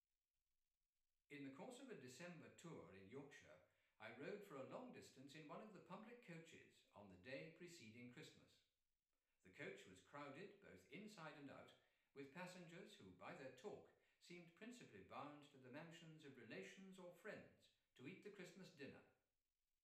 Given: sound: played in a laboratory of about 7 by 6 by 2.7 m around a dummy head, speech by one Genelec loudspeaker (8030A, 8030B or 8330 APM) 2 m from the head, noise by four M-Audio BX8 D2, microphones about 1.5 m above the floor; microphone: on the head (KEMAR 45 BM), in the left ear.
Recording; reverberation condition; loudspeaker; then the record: male speech in English; medium; 150 degrees to the left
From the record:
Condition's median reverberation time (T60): about 510 ms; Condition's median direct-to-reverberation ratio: about -0.5 dB